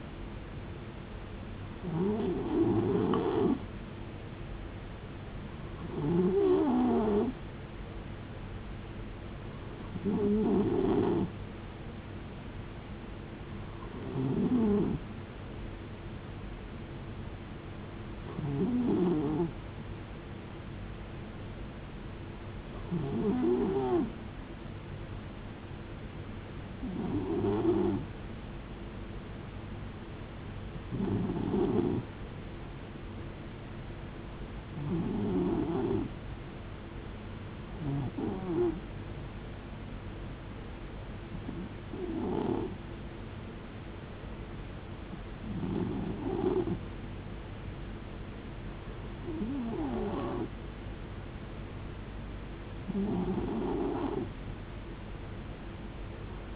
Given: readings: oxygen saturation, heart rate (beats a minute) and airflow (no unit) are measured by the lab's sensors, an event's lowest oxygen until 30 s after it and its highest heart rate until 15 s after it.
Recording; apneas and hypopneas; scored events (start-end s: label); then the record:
breathing in sleep by a voice recorder at the bedside; none
none scored
From the record:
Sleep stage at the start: N2 (light sleep); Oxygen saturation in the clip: 90 to 92%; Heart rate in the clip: 64 to 74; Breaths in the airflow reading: 15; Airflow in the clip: -6.6 to 4.3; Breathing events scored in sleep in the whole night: 389 in 6.3 hours asleep